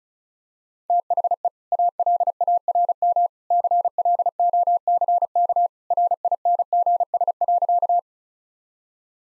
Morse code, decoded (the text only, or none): THE ALARM CLOCK RINGS.